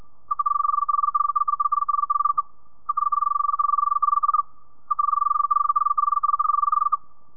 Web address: crickets gtexensis